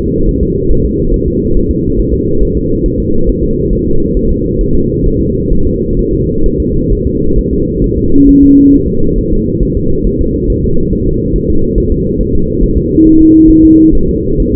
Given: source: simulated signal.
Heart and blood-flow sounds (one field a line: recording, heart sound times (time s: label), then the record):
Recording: fetal heart sounds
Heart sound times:
0.29 s: S1
0.43 s: S2
0.71 s: S1
0.86 s: S2
1.14 s: S1
1.28 s: S2
1.56 s: S1
1.71 s: S2
1.99 s: S1
2.14 s: S2
2.43 s: S1
2.57 s: S2
2.86 s: S1
3.00 s: S2
3.29 s: S1
3.44 s: S2
3.73 s: S1
3.87 s: S2
4.17 s: S1
4.31 s: S2
4.61 s: S1
4.75 s: S2
5.06 s: S1
5.20 s: S2
5.53 s: S1
5.67 s: S2
5.99 s: S1
6.13 s: S2
6.46 s: S1
6.60 s: S2
6.93 s: S1
7.07 s: S2
7.39 s: S1
7.53 s: S2
7.84 s: S1
7.98 s: S2
8.29 s: S1
8.43 s: S2
8.74 s: S1
8.88 s: S2
9.19 s: S1
9.33 s: S2
9.63 s: S1
9.77 s: S2
10.07 s: S1
10.21 s: S2
10.50 s: S1
10.64 s: S2
10.93 s: S1
11.07 s: S2
11.36 s: S1
11.50 s: S2
11.78 s: S1
11.92 s: S2
12.21 s: S1
12.35 s: S2
12.63 s: S1
12.78 s: S2
13.07 s: S1
13.21 s: S2
13.51 s: S1
13.65 s: S2
13.95 s: S1
14.09 s: S2
14.40 s: S1
14.54 s: S2
From the record:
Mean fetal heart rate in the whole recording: 135 bpm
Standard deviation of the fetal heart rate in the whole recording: 3 bpm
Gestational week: 36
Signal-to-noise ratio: -17.7 dB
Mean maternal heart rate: 72 bpm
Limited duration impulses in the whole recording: present